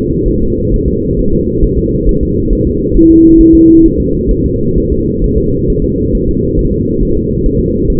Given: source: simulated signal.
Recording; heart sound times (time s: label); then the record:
fetal heart sounds
0.28 s: S1
0.43 s: S2
0.74 s: S1
0.88 s: S2
1.19 s: S1
1.33 s: S2
1.64 s: S1
1.78 s: S2
2.09 s: S1
2.23 s: S2
2.53 s: S1
2.67 s: S2
2.97 s: S1
3.11 s: S2
3.41 s: S1
3.55 s: S2
3.86 s: S1
4.00 s: S2
4.31 s: S1
4.46 s: S2
4.78 s: S1
4.92 s: S2
5.24 s: S1
5.38 s: S2
5.70 s: S1
5.84 s: S2
6.15 s: S1
6.29 s: S2
6.59 s: S1
6.73 s: S2
7.03 s: S1
7.17 s: S2
7.46 s: S1
7.60 s: S2
7.90 s: S1
From the record:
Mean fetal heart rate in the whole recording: 135 bpm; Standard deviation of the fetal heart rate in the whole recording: 3 bpm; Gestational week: 36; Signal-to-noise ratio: -15.3 dB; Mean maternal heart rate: 72 bpm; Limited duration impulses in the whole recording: present